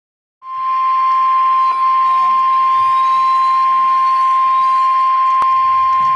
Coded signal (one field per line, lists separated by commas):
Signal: Emergency Alert System (SAME) tones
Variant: 1050 Hz attention tone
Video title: EAS #8